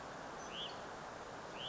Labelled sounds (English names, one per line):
Hutton's Vireo